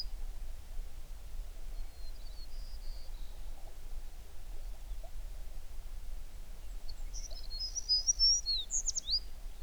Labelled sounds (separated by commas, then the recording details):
songbird
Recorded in the Prudhoe Bay oil fields, Alaska, on 11 June 2019 at 05:40
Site 21